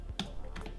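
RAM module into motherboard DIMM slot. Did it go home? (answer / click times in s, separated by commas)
no / none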